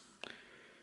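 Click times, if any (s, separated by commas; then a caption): 0.2 s. A refilled line spool is pushed back onto the spindle of a spinning fishing reel. One sharp click at 0.2 s marks it seating in place, followed by a softer tick at 0.3 s. The spool is seated.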